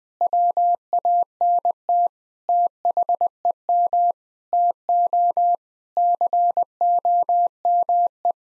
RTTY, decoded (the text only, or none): none